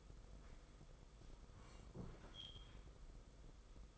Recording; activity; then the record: daily activity, microphone in the room; sit down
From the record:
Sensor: 5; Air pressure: 990.6 hPa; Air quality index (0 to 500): 150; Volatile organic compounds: 159 ppm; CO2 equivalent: 4063 ppm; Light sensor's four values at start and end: 44/135/52/55 and 44/135/52/56